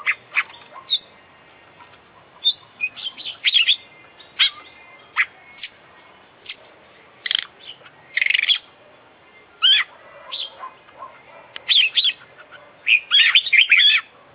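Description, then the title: Oriental magpie-robin delivering varied song bursts, sweet whistles and scratchy chatters, in spaced groups throughout. Competition bird described as an international champion, singing a full, complete set of fill-in phrases (isian). "KICAU KACER JUARA INTERNASIONAL FULL ISIAN KOMPLIT DURASI PANJANG"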